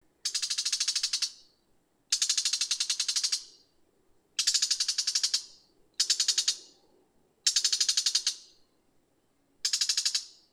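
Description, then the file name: Bull-headed shrike giving harsh, rapid chattering bursts, each about a second long of fast buzzy pulsed notes, repeated six times with short pauses between; quiet background. "mozu"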